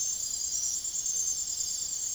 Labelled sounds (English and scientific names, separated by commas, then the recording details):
none
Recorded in secondary vegetation near Puerto Asís, Putumayo, Colombia, on 22 June 2025 at 02:30
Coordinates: 0.489, -76.322
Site G021